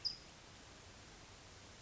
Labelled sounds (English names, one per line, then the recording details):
California Towhee
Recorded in Sonoma County, California